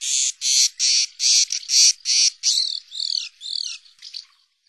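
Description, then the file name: Swallow calls: a fast series of harsh, buzzy, high-pitched bursts, several in quick succession, then several shorter twittering, warbled notes that fade out at the end. "Hirondelle"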